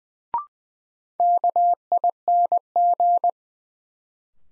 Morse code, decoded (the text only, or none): KING